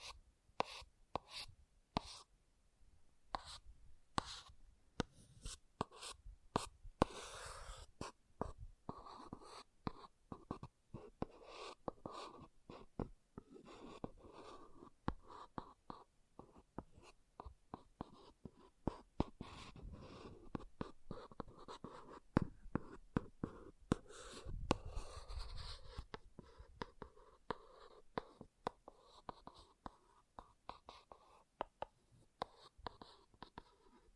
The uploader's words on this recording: ASMR Brain Melting Object Scratching (No Talking).